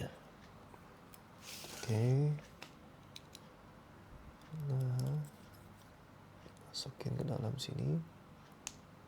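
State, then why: Seated. A plastic model kit part is pushed into its socket on the leg joint of a 30 Minute Mission Alto Brown figure. Someone talks, faint handling ticks sound throughout, and a sharp click at 8.7 s marks the part seating in the joint.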